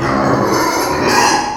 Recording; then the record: squeal of a Yucatan mini pig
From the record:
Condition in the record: before surgery on the right vocal fold (resection and tissue-engineered implant); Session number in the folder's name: 2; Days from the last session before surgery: 0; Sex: male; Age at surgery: 12 weeks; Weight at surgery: 13 kg